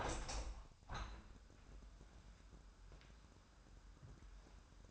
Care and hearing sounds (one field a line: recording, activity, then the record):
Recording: daily activity, microphone in the room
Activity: open window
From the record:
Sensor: 2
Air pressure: 997.9 hPa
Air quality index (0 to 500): 132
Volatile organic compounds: 3 ppm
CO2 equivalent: 1485 ppm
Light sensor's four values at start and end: 11/32/13/12 and 11/32/13/12